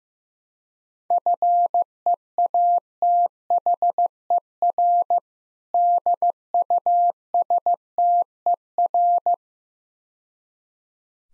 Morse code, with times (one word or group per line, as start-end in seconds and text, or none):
1.1-5.2 FEATHER
5.7-9.3 DUSTER